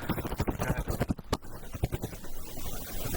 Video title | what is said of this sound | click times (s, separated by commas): Hybrid Racing Shift Knob & Shift Collar Boot Install - 1998 Civic Hatchback | everything snapped back in | 1.2 s, 1.3 s